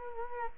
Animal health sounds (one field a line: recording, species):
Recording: mosquito wingbeat signal from an infrared sensor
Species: Culex quinquefasciatus